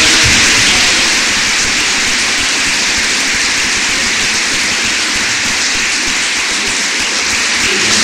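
A sustained, dense round of applause, many hands clapping at once in a steady hiss-like roar that stays loud and even for several seconds with no voices over it.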